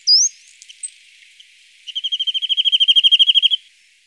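Corsican nuthatch: a thin whistled note and a few faint ticks, then a fast, even trill of many short notes that grows louder at first.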